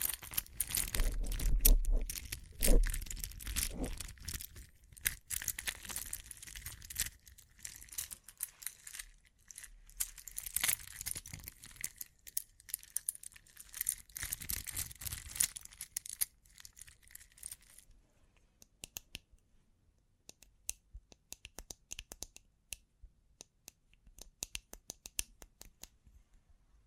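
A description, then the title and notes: Bling triggers: dense, bright metallic jingling and clinking, like jewelry or coins being shaken and handled, with occasional low thumps. The busy rattling continues with brief pauses until about eighteen seconds, then thins to sparse, quieter taps and clicks. ASMR Sleep Inducing Bling Bling Triggers (No Talking).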